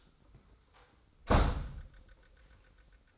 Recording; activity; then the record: daily activity, microphone in the room; close door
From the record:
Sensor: 3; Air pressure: 990.4 hPa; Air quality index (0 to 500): 169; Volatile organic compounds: 1000 ppm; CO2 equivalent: 5458 ppm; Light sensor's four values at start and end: 47/110/45/43 and 47/111/45/43